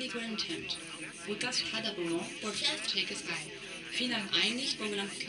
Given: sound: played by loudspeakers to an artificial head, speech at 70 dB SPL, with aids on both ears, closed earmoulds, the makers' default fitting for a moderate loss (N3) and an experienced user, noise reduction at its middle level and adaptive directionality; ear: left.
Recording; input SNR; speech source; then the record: speech test signal (ISTS) in cocktail-party noise; +6 dB; on the right (90 degrees)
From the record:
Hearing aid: class 2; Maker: B